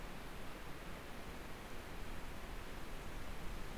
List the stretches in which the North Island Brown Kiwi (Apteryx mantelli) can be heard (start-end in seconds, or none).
none